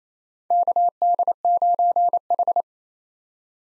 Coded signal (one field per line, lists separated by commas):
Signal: Morse code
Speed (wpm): 28 wpm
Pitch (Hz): 700 Hz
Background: none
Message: KD9H